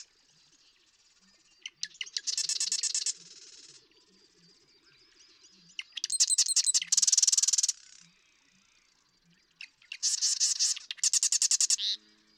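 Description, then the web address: Marsh Wren song: three harsh rattling trills separated by gaps of a few seconds, with faint low ticking underneath. "birdsongforthecurious Marsh Wren"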